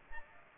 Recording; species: mosquito wingbeat signal from an infrared sensor; Aedes aegypti